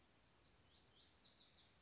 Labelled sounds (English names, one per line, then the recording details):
Lazuli Bunting
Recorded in Sonoma County, California